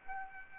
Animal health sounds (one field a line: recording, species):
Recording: mosquito wingbeat signal from an infrared sensor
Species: Aedes aegypti